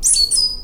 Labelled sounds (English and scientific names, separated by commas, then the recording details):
Stitchbird (Notiomystis cincta) song
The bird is a male
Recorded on Tiritiri Matangi Island, New Zealand, in 2005
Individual 17, of nest box 25